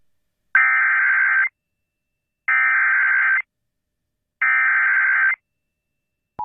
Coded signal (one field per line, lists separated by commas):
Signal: Emergency Alert System (SAME) tones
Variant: header bursts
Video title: Xtreme Mayhem 6...EAS Alerts From March 18, 2021 (EAS #888-904)